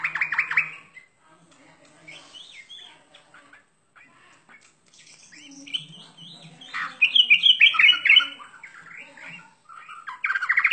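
Bird song of chattering bursts and varied chirps, with a loud rapid trill in the second half and a strong burst at the end.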